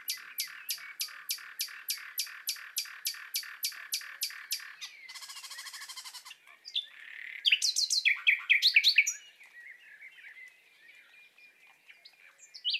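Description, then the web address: Common nightingale song opening with a long series of loud, evenly spaced piping notes, then a buzzy rattle and a rush of quick loud notes. Nightingale in love, singing courtship song. "annee nature rossignol amoureux"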